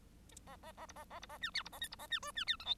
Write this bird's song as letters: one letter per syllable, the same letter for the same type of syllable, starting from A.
A A A B A A B A C D B A E B A C F C D G H